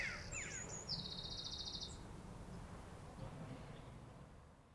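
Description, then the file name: Eurasian wren giving a high, rapid trill in short bursts during the first two seconds, then fading out, over a steady low rumble of background noise. "Troglodytes troglodytes"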